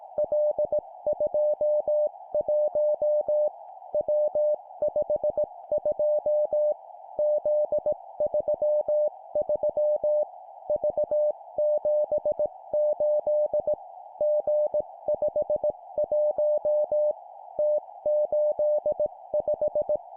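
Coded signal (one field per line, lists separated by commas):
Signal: Morse code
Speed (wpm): 18 wpm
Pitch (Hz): 600 Hz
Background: music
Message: L21 W52 Z33 V78 G51 T85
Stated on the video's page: Morse drill at 17 wpm of three-character groups: letter, number, number.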